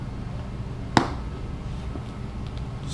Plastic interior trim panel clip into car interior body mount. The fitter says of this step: snap-snap huh yeah